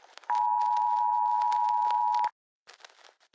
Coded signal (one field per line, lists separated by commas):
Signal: Emergency Alert System (SAME) tones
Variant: 853 and 960 Hz attention tone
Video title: Doors EAS Scenario: Ambush